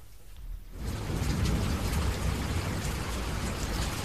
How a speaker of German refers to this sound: Das ist der Regen. Am Anfang habe ich einen Regen gemacht. Im Tunnel? Nein, das hat mit dem Tunnel nichts, es ist nur Regen.